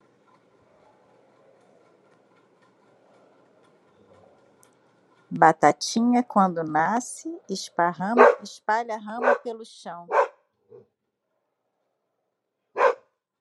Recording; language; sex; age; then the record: short text; Brazilian Portuguese; female; 50 to 59 years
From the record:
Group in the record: control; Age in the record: 57 years